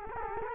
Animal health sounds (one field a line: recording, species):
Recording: mosquito wingbeat signal from an infrared sensor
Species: Culex quinquefasciatus